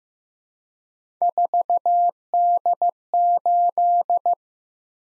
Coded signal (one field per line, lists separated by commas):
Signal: Morse code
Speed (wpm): 15 wpm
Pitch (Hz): 700 Hz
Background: none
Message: 4D8